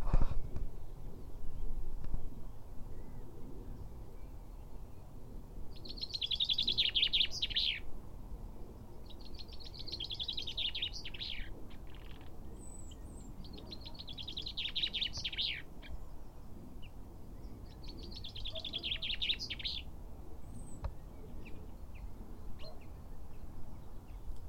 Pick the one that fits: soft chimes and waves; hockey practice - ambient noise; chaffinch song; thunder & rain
chaffinch song